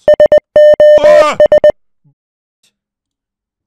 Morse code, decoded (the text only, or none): SOS